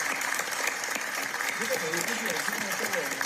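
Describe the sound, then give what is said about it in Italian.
Steady, dense clapping from many people on balconies and at windows in Spain, applauding health workers fighting Covid-19 during lockdown; a continuous crackling patter with scattered voices and faint shouts rising through it in the second half. “Il suono degli applausi rivolti da balconi e finestre all'indirizzo del personale sanitario impegnato in prima linea nella lotta al Covid-19 si è quindi convertito in colonna sonora delle lunghe giornate trascorse dalla popolazione”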